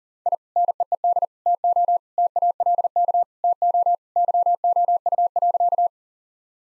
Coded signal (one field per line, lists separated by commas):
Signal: Morse code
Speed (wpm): 37 wpm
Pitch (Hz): 700 Hz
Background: none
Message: I NEED TO TALK TO YOU.